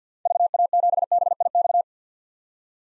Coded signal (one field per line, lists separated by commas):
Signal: Morse code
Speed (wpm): 50 wpm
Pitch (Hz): 700 Hz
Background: none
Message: VA7BIX